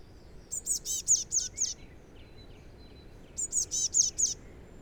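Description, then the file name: Eurasian blue tit giving two bursts of several rapid, very high, thin notes, separated by a pause of nearly two seconds. "Cyanistes caeruleus"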